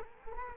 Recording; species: mosquito wingbeat signal from an infrared sensor; Culex quinquefasciatus